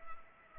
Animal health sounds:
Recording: mosquito wingbeat signal from an infrared sensor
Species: Culex pipiens

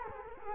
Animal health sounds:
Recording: mosquito wingbeat signal from an infrared sensor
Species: Culex quinquefasciatus

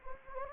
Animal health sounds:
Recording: mosquito wingbeat signal from an infrared sensor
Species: Anopheles gambiae

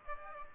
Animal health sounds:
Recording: mosquito wingbeat signal from an infrared sensor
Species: Aedes aegypti

